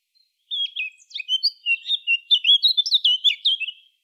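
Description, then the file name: Eurasian blackcap song: a fast, varied warble of high chirps and slurred whistles, running for about three seconds. "Sylvia atricapilla"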